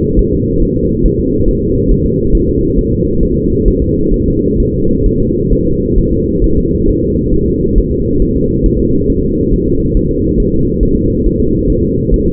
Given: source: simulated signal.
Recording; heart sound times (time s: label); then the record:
fetal heart sounds
0.19 s: S1
0.33 s: S2
0.62 s: S1
0.77 s: S2
1.06 s: S1
1.20 s: S2
1.49 s: S1
1.63 s: S2
1.92 s: S1
2.06 s: S2
2.35 s: S1
2.49 s: S2
2.78 s: S1
2.93 s: S2
3.23 s: S1
3.37 s: S2
3.68 s: S1
3.82 s: S2
4.14 s: S1
4.28 s: S2
4.60 s: S1
4.74 s: S2
5.06 s: S1
5.21 s: S2
5.53 s: S1
5.67 s: S2
5.99 s: S1
6.13 s: S2
6.44 s: S1
6.58 s: S2
6.89 s: S1
7.03 s: S2
7.34 s: S1
7.48 s: S2
7.78 s: S1
7.92 s: S2
8.22 s: S1
8.37 s: S2
8.66 s: S1
8.80 s: S2
9.10 s: S1
9.24 s: S2
9.53 s: S1
9.68 s: S2
9.97 s: S1
10.11 s: S2
10.40 s: S1
10.54 s: S2
10.83 s: S1
10.97 s: S2
11.26 s: S1
11.40 s: S2
11.70 s: S1
11.84 s: S2
12.14 s: S1
12.28 s: S2
From the record:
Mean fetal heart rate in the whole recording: 135 bpm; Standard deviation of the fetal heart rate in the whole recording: 3 bpm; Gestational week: 36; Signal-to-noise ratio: -15.3 dB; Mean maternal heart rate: 72 bpm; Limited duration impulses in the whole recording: present